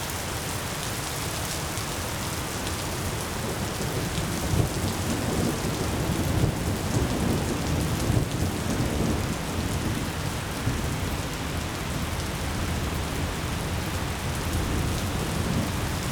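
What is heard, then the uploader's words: A nighttime rainstorm pours down steadily and densely, a full hiss with a deep low rumble underneath, barely changing throughout. Relaxing Nighttime Rainstorm Ambience.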